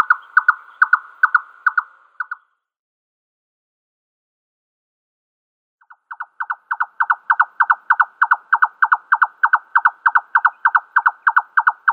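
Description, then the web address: Red-necked nightjar display song of rapid hollow paired knocks, breaking off after a couple of seconds, then resuming after a pause of a few seconds and running on steadily. Male display. "Schulze Peter Red-necked Nightjar male display"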